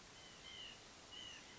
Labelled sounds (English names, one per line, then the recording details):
White-breasted Nuthatch
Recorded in Sonoma County, California